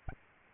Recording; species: mosquito wingbeat signal from an infrared sensor; Aedes albopictus